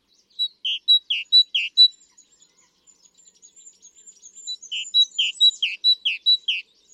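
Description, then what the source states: Great tit song: a bright, rhythmic two-note phrase repeated several times, a pause with faint soft notes, then the same repeated phrase returning strongly. Male sings one rhythmic song version repeatedly, rendered as 'teacher, teacher, teacher', until the female tires of it; females prefer males that repeat exactly, then he switches among versions.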